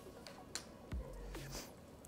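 A new coin cell battery, plus side up, is slid under the tabs of the plastic battery holder in a Porsche car key fob and gently pressed down. It pops into place with a sharp click at 0.6 s, among a few fainter ticks and a low thump around 0.9 s. The battery is seated.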